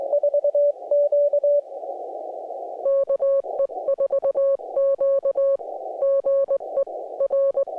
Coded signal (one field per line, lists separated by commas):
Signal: Morse code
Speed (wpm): 19 wpm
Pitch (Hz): 560 Hz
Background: music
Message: 4Q KE4Q GE R